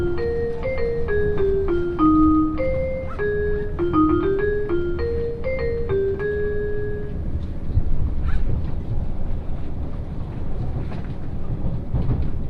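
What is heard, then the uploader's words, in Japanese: Inside a limited express train, a steady low rumble of the running carriage fills the whole recording. For the first seven seconds a clear stepped melody of bright tones plays over it, like an onboard chime, then only the rolling noise continues with occasional faint clicks. 鉄道旅 予讃線特急いしづち101号 今治→松山。列車はアンパンマン編成の5両で4両が自由席になります。意外と学生が通学で利用するので混雑しています。停車駅は伊予北条のみで35分くらいノンストップになります。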